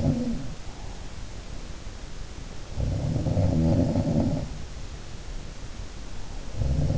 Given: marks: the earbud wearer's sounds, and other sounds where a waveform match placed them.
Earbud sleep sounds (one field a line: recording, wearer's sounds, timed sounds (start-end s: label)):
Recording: sounds in sleep by an in-ear microphone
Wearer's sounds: breath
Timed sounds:
0.00-1.48 s: sound from someone else or the room
0.26-1.48 s: breath
2.52-4.74 s: sound from someone else or the room
5.63-6.89 s: breath